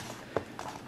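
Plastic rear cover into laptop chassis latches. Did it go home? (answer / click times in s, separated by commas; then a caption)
yes / 0.4 s, 0.6 s. The plastic rear cover of an HP TouchSmart 11 laptop, slid into its notches, is pressed down around the edges. It gives a sharp snap at 0.4 s and a second, softer click at 0.6 s. The cover clips onto the latches in the frame and is seated.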